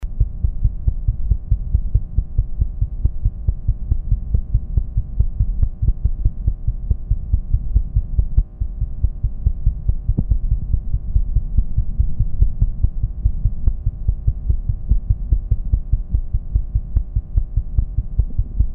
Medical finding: Heartbeat.